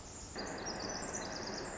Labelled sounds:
Pacific Wren (Troglodytes pacificus)
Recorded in Sonoma County, California

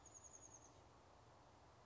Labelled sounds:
Oak Titmouse (Baeolophus inornatus)
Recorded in Sonoma County, California

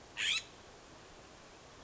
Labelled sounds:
California Scrub-Jay (Aphelocoma californica)
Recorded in Sonoma County, California

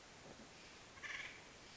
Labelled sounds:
Acorn Woodpecker (Melanerpes formicivorus)
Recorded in Sonoma County, California

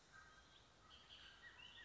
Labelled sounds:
Bullock's Oriole (Icterus bullockii)
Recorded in Sonoma County, California

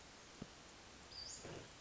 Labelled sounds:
Western Flycatcher (Empidonax difficilis)
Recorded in Sonoma County, California

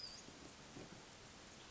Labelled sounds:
Western Flycatcher (Empidonax difficilis)
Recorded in Sonoma County, California

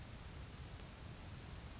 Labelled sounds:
Grasshopper Sparrow (Ammodramus savannarum)
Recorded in Sonoma County, California

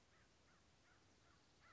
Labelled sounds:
American Crow (Corvus brachyrhynchos)
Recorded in Sonoma County, California

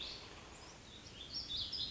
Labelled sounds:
Warbling Vireo (Vireo gilvus)
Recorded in Sonoma County, California

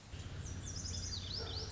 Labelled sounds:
Lazuli Bunting (Passerina amoena)
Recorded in Sonoma County, California

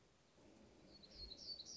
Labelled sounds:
Black-throated Gray Warbler (Setophaga nigrescens)
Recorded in Sonoma County, California

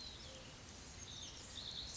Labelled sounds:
Oak Titmouse (Baeolophus inornatus)
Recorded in Sonoma County, California

